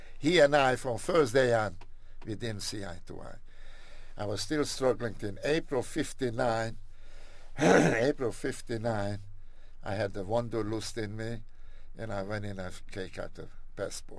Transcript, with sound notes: He and I from first day on, we didn't see eye-to-eye. I was still struggling. In April '59 -- [clears throat] in April '59 I had the wanderlust in me and I went and I take out a passport.